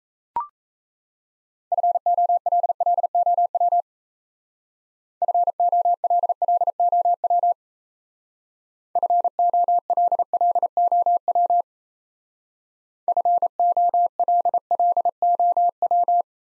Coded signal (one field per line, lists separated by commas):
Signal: Morse code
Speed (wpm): 34 wpm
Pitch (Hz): 700 Hz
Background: none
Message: FOLLOW FOLLOW FOLLOW FOLLOW